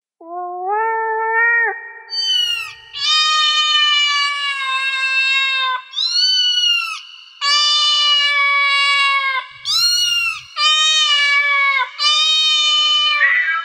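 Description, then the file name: Cat meowing in long, drawn-out wails, the first rising in steps, then several sustained harmonic yowls separated by short pauses. "gatos"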